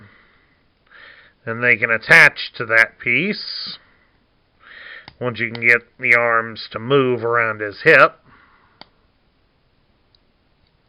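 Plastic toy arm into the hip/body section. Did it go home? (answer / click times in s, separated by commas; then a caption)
yes / 8.8 s, 10.2 s. Plastic toy robot arm parts from a toy car robot are moved around the hip and pressed into the hip/body section while someone talks. Sharp clicks at 8.8 s and 10.2 s mark the arms locking into place.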